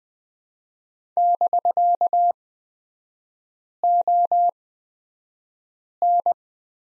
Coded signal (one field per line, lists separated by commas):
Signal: Morse code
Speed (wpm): 20 wpm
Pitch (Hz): 700 Hz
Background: none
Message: <BK>ON